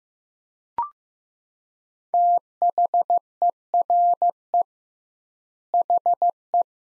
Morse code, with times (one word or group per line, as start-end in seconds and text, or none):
2.1-4.6 THERE
5.7-6.6 HE